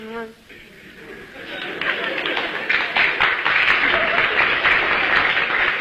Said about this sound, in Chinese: 那这鼓掌的人不多呀，鼓掌的人都是南方人。 嗯， 北方人他还是没听懂。